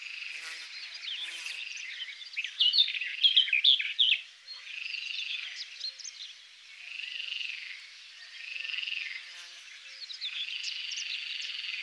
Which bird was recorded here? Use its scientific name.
Sylvia nisoria